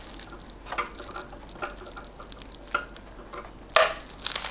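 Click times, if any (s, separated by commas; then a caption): 3.8 s. A keyed M.2 SSD drive is inserted at an angle into its motherboard M.2 slot, with soft scraping and handling sounds and a small tap around 2.8 s. It clicks into the slot at 3.8 s, a sharp bright snap, followed by a few light taps around 4.3 s. The drive is seated and sits tilted up before it is pushed down and bolted.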